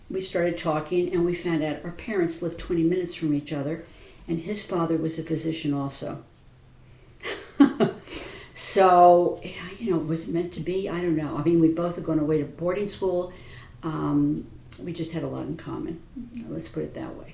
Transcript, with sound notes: we started talking and we found out our parents lived twenty minutes from each other and his father was a physician also. [laughter] So was it meant to be? I don't know. I mean, we both had gone away to boarding school, we just had a lot in common, let's put it that way.